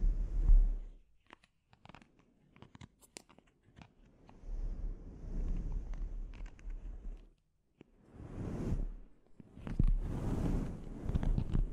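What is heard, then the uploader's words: Scalp treatment sounds: irregular dry crackles and rubbing, with louder swelling scrubbing passages near eight and ten seconds and brief quiet gaps. ASMR Sleep Inducing Scalp Treatment (No Talking).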